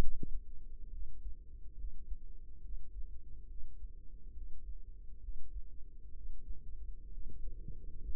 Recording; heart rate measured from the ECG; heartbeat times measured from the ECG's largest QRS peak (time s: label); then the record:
heart sounds by microphone in the right ear; 67 bpm
0.89 s: heartbeat
1.75 s: heartbeat
2.60 s: heartbeat
3.46 s: heartbeat
4.32 s: heartbeat
5.19 s: heartbeat
6.11 s: heartbeat
7.09 s: heartbeat
8.01 s: heartbeat
From the record:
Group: healthy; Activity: rest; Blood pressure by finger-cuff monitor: 122/75 mmHg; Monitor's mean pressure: 94 mmHg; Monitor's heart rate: 69 bpm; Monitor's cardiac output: 5.3 L/min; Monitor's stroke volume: 78 mL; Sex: male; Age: 35 years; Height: 178 cm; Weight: 64 kg